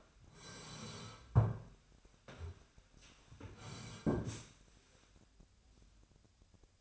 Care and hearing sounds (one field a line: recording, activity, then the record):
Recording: daily activity, microphone in the room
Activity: sit down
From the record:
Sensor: 2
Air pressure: 1015.1 hPa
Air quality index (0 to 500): 170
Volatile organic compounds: 10 ppm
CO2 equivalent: 2212 ppm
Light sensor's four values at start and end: 12/33/12/14 and 12/33/13/14